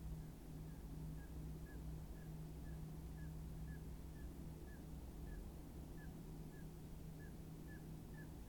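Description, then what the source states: Common scoter calls: faint, brief whistled notes repeated steadily throughout, with a steady low drone underneath. More than one common scoter.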